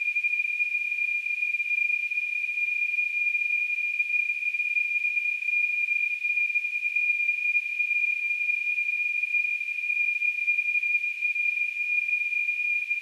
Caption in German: Tinnitus.